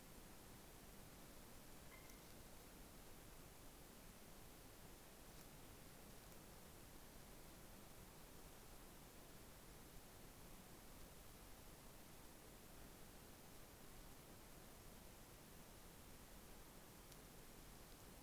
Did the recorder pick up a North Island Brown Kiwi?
no